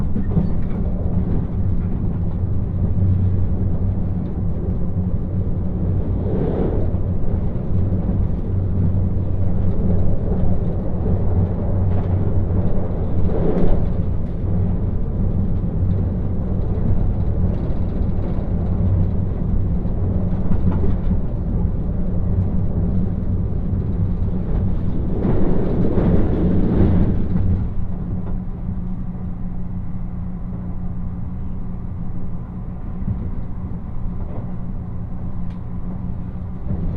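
A steady low rumble inside a moving bullet train, with a constant hum and brief swells of rushing noise, strongest near 26 seconds.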